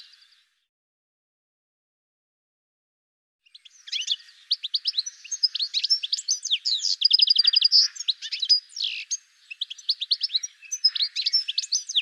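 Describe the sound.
Bird song: a brief note, about three seconds of silence, then a long, energetic run of high chirps, rattles and trills.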